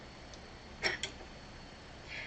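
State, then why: Seated. With the bobbin held in place, the thread is wrapped to the left and pulled into the tension slot of a sewing machine's bobbin case, and a sharp click at 1.0 s marks it seating under the tension spring. A faint tick at 0.3 s and a louder rustling burst at about 0.9 s come before it, and a soft hiss follows near the end. The thread is seated in the bobbin case tension spring.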